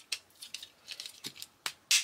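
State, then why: Seated. A plastic part of a Transformers Studio Series 69 Devastator Constructicon figure is pushed into its locking position during transformation. Light plastic taps and rattles sound at about 0.1 s and 1.7 s, then a louder, brighter click at 1.9 s. The part is seated and locked in place.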